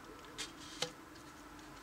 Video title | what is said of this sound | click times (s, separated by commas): Viking hide clamp section , overview | they are it's clicked into place and I actually did that first time which is a miracle | 0.8 s